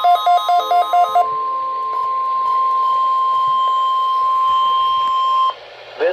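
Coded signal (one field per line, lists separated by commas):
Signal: Emergency Alert System (SAME) tones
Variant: 1050 Hz attention tone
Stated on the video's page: Required weekly test received on many stations, with a live voice announcement.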